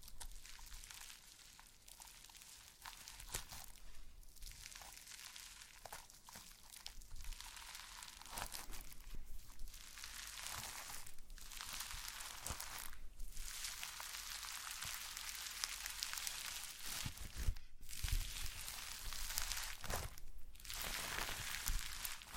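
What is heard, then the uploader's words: Slime being squished and worked, a dense, steady stream of wet crackling and sticky popping that stays bright throughout. Short louder squelches and snaps stand out every second or two, with sharp ones near 4, 11, 13, 17.5 and 20.5 seconds. ASMR SLIME No Talking Satisfying slime Sounds.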